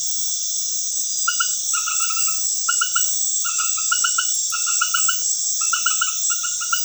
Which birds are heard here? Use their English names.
none